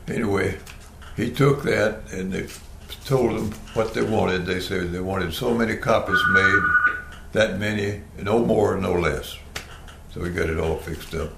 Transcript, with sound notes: Anyway, he took that and they told him what they wanted, they said they wanted so many copies made (Phone ringing sound - once) that many, no more, no less. So he got it all fixed up